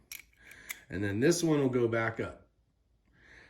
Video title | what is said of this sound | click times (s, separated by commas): R2 K9 by Microtech what you need to know if you own one. | and they should just click right in because there's only one real way you can go | 0.1 s